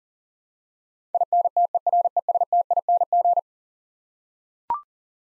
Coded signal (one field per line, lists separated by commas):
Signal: Morse code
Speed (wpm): 40 wpm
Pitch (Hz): 700 Hz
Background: none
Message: INTERESTING